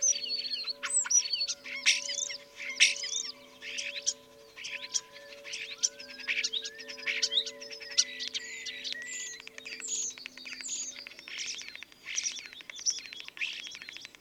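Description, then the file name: Common starling song, a long, dense run of varied whistles, clicks, rattles and slurred chatter pouring out almost without pause, with a faint steady hum beneath. Recorded at Dviete. "dviete sturnus vulgaris"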